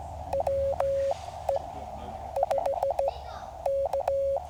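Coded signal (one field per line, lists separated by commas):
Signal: Morse code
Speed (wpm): 16 wpm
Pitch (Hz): 550 Hz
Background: speech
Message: WE5K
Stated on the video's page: CW POTA/SOTA activation on Cheaha Mountain, Alabama, 100% portable QRP, with a storm rolling in and a lightning-delay break.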